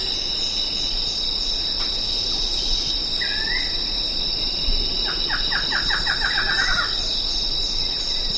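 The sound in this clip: Bird makes one sliding call, then a fast trill of rapid notes lasting about two seconds, with insects droning throughout.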